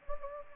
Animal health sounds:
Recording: mosquito wingbeat signal from an infrared sensor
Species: Anopheles gambiae

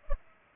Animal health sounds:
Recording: mosquito wingbeat signal from an infrared sensor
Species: Culex pipiens

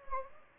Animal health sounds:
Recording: mosquito wingbeat signal from an infrared sensor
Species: Anopheles gambiae

